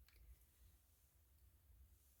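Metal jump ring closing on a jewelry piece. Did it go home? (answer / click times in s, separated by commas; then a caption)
no / none. A second metal jump ring on a jewelry piece is handled with pliers as it is being closed. Only a low, steady rumble and a few faint, brief ticks near the start are heard. Nothing has popped into place or clicked yet.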